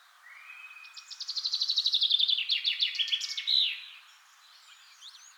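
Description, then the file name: Common chaffinch song: a bright trill of repeated notes that drops in pitch, closing with a sharp flourish, with faint birdsong behind. "Fringilla coelebs"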